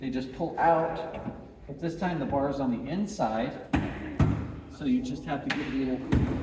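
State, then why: Not seated. Someone talks while handling the folding leg brace of a round banquet table, whose locking bar sits on the inside and snaps into a dimple when tapped. A short thump is heard at about 4.2 s. The brace has not yet been tapped into its dimple, so nothing has seated or locked yet.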